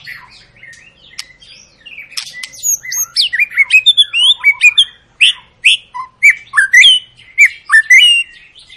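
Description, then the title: White-rumped shama singing a lively string of clear slurred whistles and sharp high notes, delivered in quick rhythmic bursts. Long lure song of a white-rumped shama, used to make other birds sing. "Pancingan Murai Batu Gacor Panjang"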